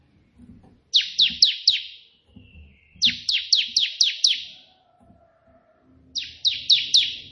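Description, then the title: Prinia song: bursts of four to six quick, descending chirps, repeated three times, with faint low rustling underneath. Three song variations of a white prenjak, intended as tutoring material for pet prenjak birds. "Prenjak 3 VARIASI TEMBAKAN prenjak putih ini COCOK untuk masteran prenjak anda"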